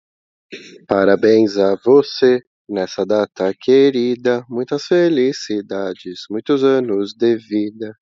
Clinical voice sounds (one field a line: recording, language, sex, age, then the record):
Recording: short text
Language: Brazilian Portuguese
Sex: male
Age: 30 to 39 years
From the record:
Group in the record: control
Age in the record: 30 years